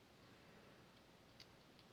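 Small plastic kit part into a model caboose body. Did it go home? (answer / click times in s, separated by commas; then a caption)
no / none. Small plastic parts are pressed into the body of a model railroad caboose kit; they fit but do not snap into place, so they will be held with clear glue instead. Over a steady low hiss, only two brief, faint ticks are heard, near 1.4 s and at 2.0 s, and nothing has seated or clicked yet.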